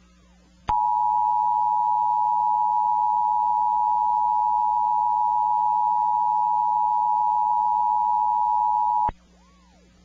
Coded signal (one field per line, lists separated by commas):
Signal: Emergency Alert System (SAME) tones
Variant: 853 and 960 Hz attention tone